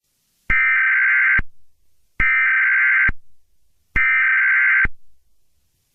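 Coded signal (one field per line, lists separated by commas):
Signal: Emergency Alert System (SAME) tones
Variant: header bursts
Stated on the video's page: Fictional EAS scenario.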